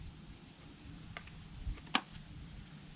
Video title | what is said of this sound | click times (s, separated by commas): SAKER HEDGE TRIMMERS REVIEW | That clicked in. | 2.0 s